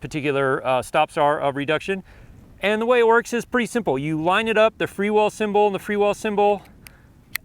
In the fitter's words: and it snaps into place and then on top of that you place whichever variable nd filter